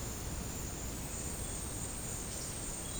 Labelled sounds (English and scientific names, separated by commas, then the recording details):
none
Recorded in secondary vegetation near Puerto Asís, Putumayo, Colombia, on 23 June 2025 at 12:00
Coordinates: 0.484, -76.319
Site G074